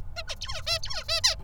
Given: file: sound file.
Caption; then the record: Example of Song Motif from Pupil of Tutor #414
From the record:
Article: Incomplete and Inaccurate Vocal Imitation after Knockdown of FoxP2 in Songbird Basal Ganglia Nucleus Area X